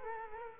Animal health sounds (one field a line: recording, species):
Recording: mosquito wingbeat signal from an infrared sensor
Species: Culex quinquefasciatus